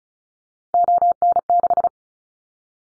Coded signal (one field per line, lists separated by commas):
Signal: Morse code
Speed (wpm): 36 wpm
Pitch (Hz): 700 Hz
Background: none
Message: ON6